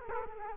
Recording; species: mosquito wingbeat signal from an infrared sensor; Culex quinquefasciatus